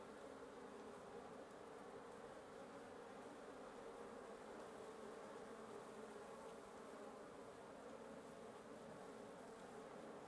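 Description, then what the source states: Wasps at a nest giving a steady, thick buzzing hum from start to end. Wasp nest under the roof of a residence at 1a Avenida Norte 19, Antigua Guatemala, Guatemala; recorded in the morning; headphone listening recommended.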